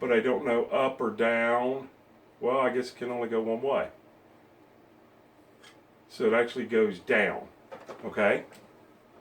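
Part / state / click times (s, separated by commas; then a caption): plastic accessory part into its holder on an upright vacuum body / not seated / none. Someone talks while a plastic accessory part is handled and lined up to be pushed down into its holder on an upright vacuum body, next to the spot for wrapping the cord. Between bursts of speech there are only faint, quiet handling noises. The clip ends before the part goes in, so nothing has seated or clicked yet.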